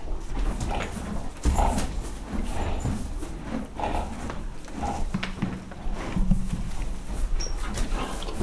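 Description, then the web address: Horse chewing hay, with rhythmic crunching bursts over a low steady rumble. Horses in a stable in a farmyard, eating hay. "allathangok parasztudvar lo istallobanszenatesznek"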